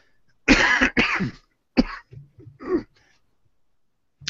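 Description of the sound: Two loud harsh coughs, a third shorter one, then softer throat sounds: a chesty cough from an adult man recovering from a chest infection that developed into bronchitis, whose voice is croaky and who keeps coughing from time to time.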